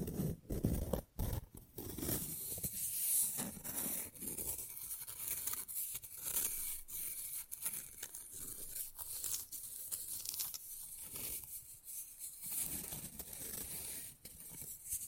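Fast, rough nail filing fills the fifteen seconds with a dense, bright, gritty rasp that keeps going with little pause. Sharp tapping clicks break through repeatedly, most clearly near the start, and the strokes surge and ease in a quick, uneven rhythm.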